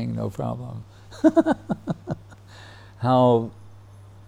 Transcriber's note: laughs